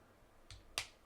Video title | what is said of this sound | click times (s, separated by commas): OnePlus 15 Punk Series Case Review - Cover with Kick Stand & Military Grade Drop Test Protection | Putting it back into place is not an issue. Just snap it in. | 0.8 s